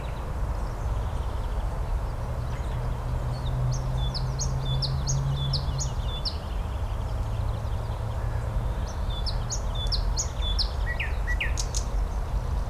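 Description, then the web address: Nightingale song: two bursts of quick, repeated upslurred notes, with a few sharper notes near the end, over a steady low rumble. "slowik spiew slowika"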